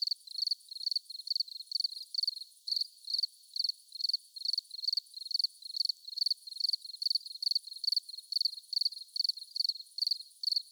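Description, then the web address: Cricket chirps repeating in fast pulsed bursts at a steady pace, high and thin, continuing unbroken throughout without other noises. Looped cricket ambience. "Survival Game Sounds - Lite Edition Environment Crickets Loop"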